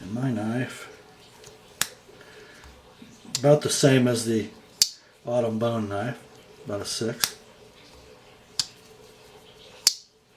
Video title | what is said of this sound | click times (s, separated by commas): Traditional Knives Anthology 11.0: GEC #77 Washington Jack -- Dripping with History! | You guys hear that snap? | 8.6 s, 9.9 s